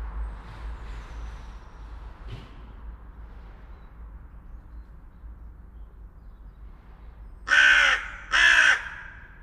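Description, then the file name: Carrion crow giving two loud, harsh caws close together near the end, after several seconds of near quiet over a low rumble. "Corvus corone"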